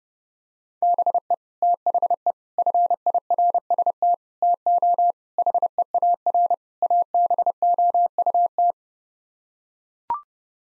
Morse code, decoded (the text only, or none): BE THE FIRST TO HEAR ABOUT